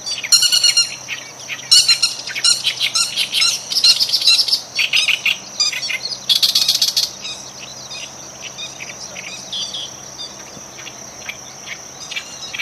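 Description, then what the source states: Oriental reed warbler song: loud, harsh, grating chatters in rapid bursts for about seven seconds, then softer scattered notes over a steady high hiss. 12 June 2011.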